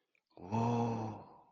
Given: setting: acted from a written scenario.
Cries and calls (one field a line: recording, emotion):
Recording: vocal sound without words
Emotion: awe